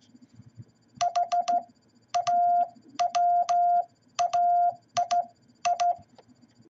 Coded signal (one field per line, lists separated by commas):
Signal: Morse code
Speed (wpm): 15 wpm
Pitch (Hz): 700 Hz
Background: none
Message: HAWAII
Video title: What Is Hawaii In Morse Code?